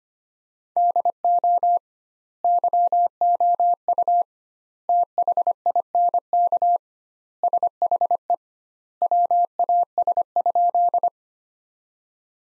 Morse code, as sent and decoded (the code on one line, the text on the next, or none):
-.. --- / -.-- --- ..- / - .... .. -. -.- / ... .... . / .-- .- ... ..--..
DO YOU THINK SHE WAS?